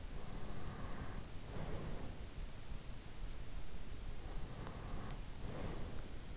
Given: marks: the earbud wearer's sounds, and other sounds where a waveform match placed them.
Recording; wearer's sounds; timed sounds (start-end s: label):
sounds in sleep by an in-ear microphone; breath
0.17-2.48 s: breath
4.26-6.37 s: breath